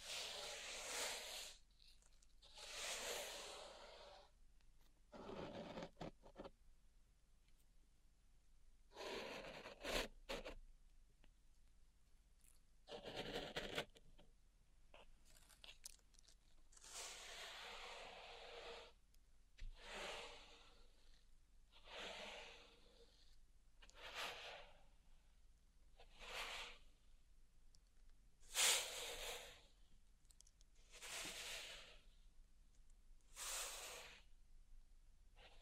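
Pink salt in a zen garden is raked and brushed in irregular bright hissing sweeps every few seconds, separated by short quiet pauses.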